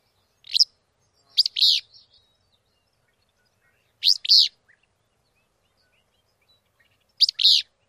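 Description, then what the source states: Willow Flycatcher song: short buzzy two-part phrases, high and sneezy, repeated a few times at irregular gaps. Full song, sometimes called dawn song, including a free beer plus a Jeep phrase; song rendered as fitz-bew, Pete's beer or free beer.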